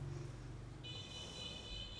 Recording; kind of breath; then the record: one breath in and out by a microphone near the nose and mouth; normal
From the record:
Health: marked as sick, illness not named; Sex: female